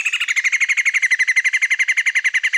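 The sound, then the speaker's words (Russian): A little grebe gives a loud, rapid whinnying trill, a long run of evenly spaced high-pitched notes pulsing steadily for a couple of seconds with no voices over it. “А еще малую поганку часто сначала слышно, потом видно, потому что они, в отличие от других поганок, которые мало как-то кричат, и звуки у них не очень такие внятные, малая поганка прям орёт.”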